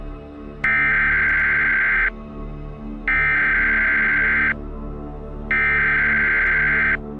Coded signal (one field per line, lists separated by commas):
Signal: Emergency Alert System (SAME) tones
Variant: header bursts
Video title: PURGE EAS